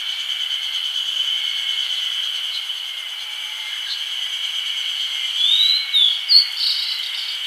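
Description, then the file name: Grey bunting calling late on with a short burst of high, sliding chirps, while a steady insect hum runs through. "Emberiza variabilis"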